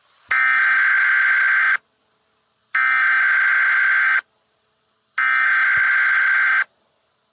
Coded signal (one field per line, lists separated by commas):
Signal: Emergency Alert System (SAME) tones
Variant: header bursts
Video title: EAS SCENARIO EGGDOG INVASION (Two Endings)